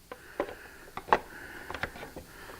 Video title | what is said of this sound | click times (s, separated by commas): Advanblack Vented Lowering Fairing with Speaker Pods INSTALL | Bring it up to the other side. It kind of locks in place. | 1.1 s